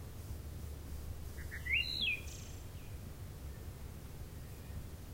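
Wood thrush song: one short fluty phrase rising into a wavering note, ending in a faint high trill, over a constant low hum.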